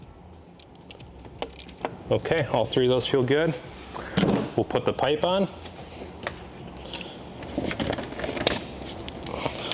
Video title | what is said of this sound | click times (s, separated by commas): N47 Coolant Leak FIX + Valve Cover Gasket | A nice audible click to it. It feels nice and firm. | 8.5 s